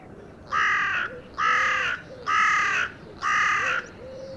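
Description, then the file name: Carrion crow giving four harsh, drawn-out caws, each about half a second long, spaced roughly a second apart. "Corvus corone"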